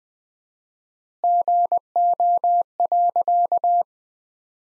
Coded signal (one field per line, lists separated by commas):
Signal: Morse code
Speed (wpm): 20 wpm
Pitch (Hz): 700 Hz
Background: none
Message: GO.